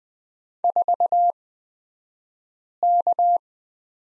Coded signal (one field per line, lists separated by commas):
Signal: Morse code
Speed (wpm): 20 wpm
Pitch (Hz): 700 Hz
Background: none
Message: 4K